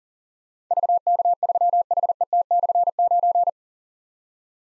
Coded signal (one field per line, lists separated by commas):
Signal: Morse code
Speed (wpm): 42 wpm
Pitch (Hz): 700 Hz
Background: none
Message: VK3HET/9